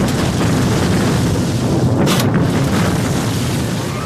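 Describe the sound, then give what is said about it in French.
Massive explosions from no less than 2 tons of dynamite, used to level terrain near Berlin, Germany, roar in a continuous, heavy low rumble, with a brief sharper crackling burst midway through. No voices are heard. “Ici, non loin de la capitale allemande, on utilise pas moins de 2 tonnes de dynamite pour niveler le terrain, déterminant ainsi de formidables explosions.”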